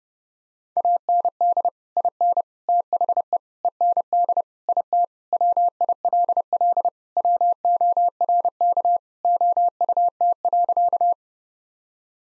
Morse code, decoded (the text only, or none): AND IN THE END IT WILL WORK OUT.